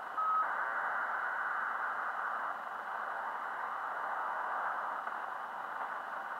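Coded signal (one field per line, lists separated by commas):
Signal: ACARS aircraft data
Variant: HFDL (HF-ACARS)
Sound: steady rushing hiss-like data burst filling the band, short whistle tone at start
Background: radio static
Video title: 8939 kHz HF-ACARS Muan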